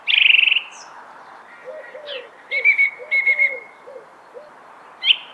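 Thrush song: a loud buzzy opening phrase, then several fainter notes, and a short sharp note at the end.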